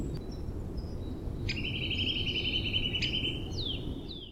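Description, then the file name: Eurasian nuthatch call: one long, steady, piping whistle, then two quick downslurred notes, over constant low background noise. "kleiber"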